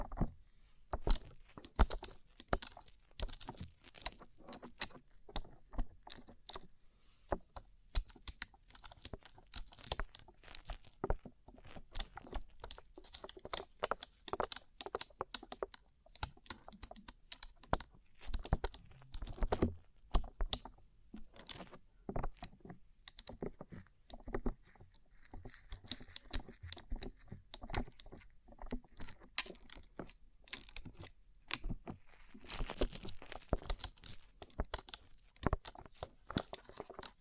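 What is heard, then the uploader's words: Fingernails tap rapidly on a rhinestone-covered surface, making dense, bright, clicky taps that run without pause for the whole clip. The rhythm is quick and uneven, like typing, with small clusters of harder taps around the middle and near the end. ASMR Rhinestone Covered Tapping 3Dio (No Talking).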